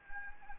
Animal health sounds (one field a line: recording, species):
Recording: mosquito wingbeat signal from an infrared sensor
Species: Anopheles gambiae